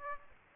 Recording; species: mosquito wingbeat signal from an infrared sensor; Aedes aegypti